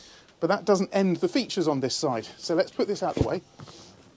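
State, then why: Not seated. A seat or cushion section of the cabin seating in a Quarken 27 boat is moved out of the way during rearranging while someone talks throughout. Only handling is heard, and nothing has seated or clicked into place yet.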